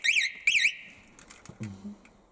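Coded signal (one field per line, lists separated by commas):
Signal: alarm pattern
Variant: vehicle alarm confirmation chirps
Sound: two quick warbling electronic chirps, then a faint low hum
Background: low engine hum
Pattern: 2 short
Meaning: Two beeps confirm the alarm is disarmed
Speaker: So 2 beeps are off.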